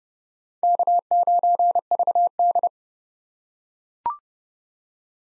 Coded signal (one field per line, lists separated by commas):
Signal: Morse code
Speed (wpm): 30 wpm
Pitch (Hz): 700 Hz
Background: none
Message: K9VD